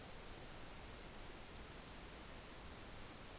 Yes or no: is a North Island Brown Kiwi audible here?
no